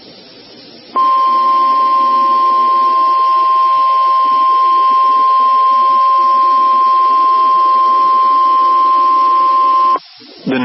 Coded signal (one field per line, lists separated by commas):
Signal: Emergency Alert System (SAME) tones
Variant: 1050 Hz attention tone